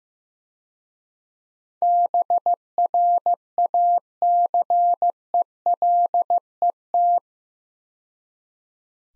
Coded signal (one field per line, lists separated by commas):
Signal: Morse code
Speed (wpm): 17 wpm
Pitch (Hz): 700 Hz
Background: none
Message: BRACELET